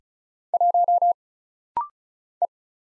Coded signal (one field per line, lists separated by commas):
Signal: Morse code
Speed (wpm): 36 wpm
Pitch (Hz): 700 Hz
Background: none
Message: 1 E